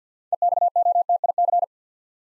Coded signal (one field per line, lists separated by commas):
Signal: Morse code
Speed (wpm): 49 wpm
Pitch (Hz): 700 Hz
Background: none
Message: EXOTIC